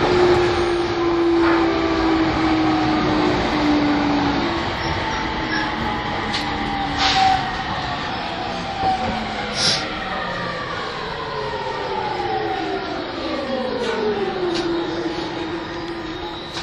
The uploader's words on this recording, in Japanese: E231系 山手線外回り01 東京～東京。2010年代当時山手線で主力車両だった、E231系山手線外回りを収録したものです。